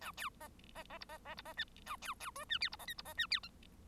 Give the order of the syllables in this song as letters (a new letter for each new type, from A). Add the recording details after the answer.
A B C C C D C C D C E A B B F E G D C H D C E G I. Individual Bird1